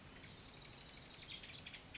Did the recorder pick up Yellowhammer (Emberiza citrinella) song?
no